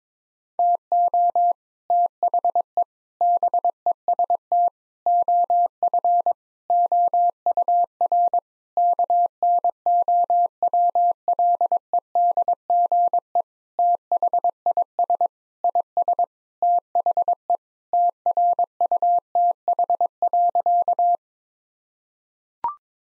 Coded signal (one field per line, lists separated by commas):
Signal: Morse code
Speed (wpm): 22 wpm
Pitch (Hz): 700 Hz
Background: none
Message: TO THE BEST OF OUR KNOWLEDGE THIS IS THE TRUTH.